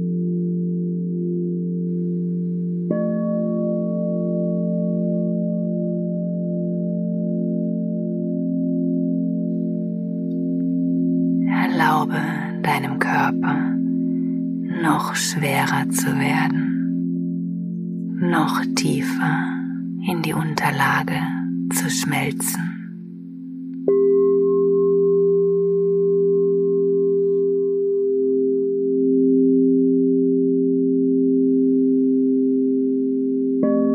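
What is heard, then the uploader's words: Crystal singing bowls hold a steady, layered low drone, with new tones joining around three seconds and again near twenty-four seconds. From about eleven to twenty-two seconds, four short bursts of a voice cut in over the hum. Sound Meditation mit Crystal Singing Bowls.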